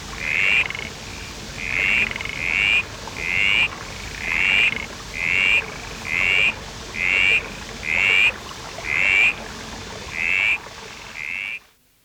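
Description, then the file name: Common mist frog giving a regular run of short high-pitched notes, about one per second, over a soft steady background hiss. "Litoria rheocola"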